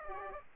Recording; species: mosquito wingbeat signal from an infrared sensor; Aedes aegypti